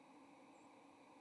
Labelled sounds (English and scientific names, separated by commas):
White-throated Sparrow (Zonotrichia albicollis) flight call